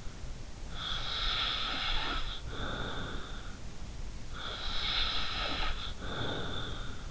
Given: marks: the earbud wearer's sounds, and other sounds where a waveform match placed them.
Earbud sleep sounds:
sounds in sleep by an in-ear microphone; snoring breath
0.79-3.63 s: snoring breath
4.33-7.11 s: snoring breath

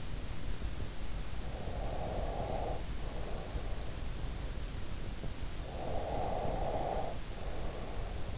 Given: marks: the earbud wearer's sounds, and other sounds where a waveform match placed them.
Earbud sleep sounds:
sounds in sleep by an in-ear microphone; breath
1.56-4.17 s: breath
5.69-8.38 s: breath

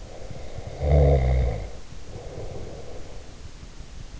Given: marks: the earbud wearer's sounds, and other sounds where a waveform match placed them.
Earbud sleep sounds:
sounds in sleep by an in-ear microphone; snoring breath
0.44-3.43 s: snoring breath

